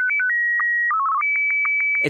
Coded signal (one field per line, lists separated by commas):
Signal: SSTV (slow-scan television)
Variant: Martin 1